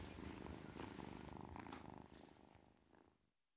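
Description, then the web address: Domestic cat purr, rapid rhythmic rumbling in breathy bursts that fades away to near silence at the end. Ten-week-old domestic kitten, purring. "BBC Sound Effects Library Cats Ten Week Old Kitten, Purring"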